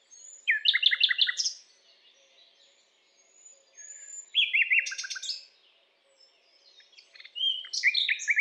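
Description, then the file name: Common nightingale singing three phrases of rapid, loud, repeated sharp notes, each burst about a second long and separated by pauses with soft whistles, over a faint low hum. "Luscinia megarhynchos"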